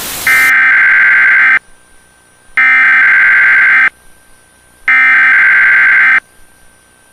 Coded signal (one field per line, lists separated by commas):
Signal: Emergency Alert System (SAME) tones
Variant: header bursts